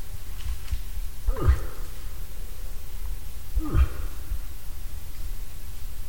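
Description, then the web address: Moose grunting twice, each call a quick hoarse glide from higher to lower pitch, a little over two seconds apart, over low background rumble. "hirvi. nisakkaiden-aania-7-osa-hirvi"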